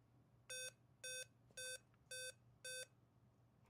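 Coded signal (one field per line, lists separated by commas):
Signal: beep code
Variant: laptop POST beep code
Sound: five short identical buzzy beeps, evenly spaced, over a low hum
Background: low mains hum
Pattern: 5 short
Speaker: 1 2 3 4 5. So, we've got a five beep code there.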